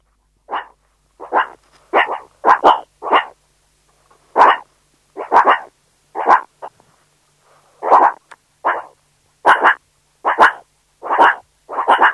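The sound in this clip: Meerkat barking calls, short harsh bursts in irregular runs, often doubled or tripled, with brief pauses between groups; no other sounds.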